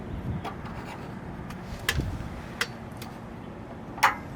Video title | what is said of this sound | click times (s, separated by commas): Haloview MC7101 Review | That one clicks into place. | 4.0 s